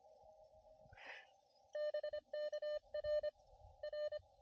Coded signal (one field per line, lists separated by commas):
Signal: Morse code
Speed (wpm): 24 wpm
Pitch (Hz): 600 Hz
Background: none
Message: BK R R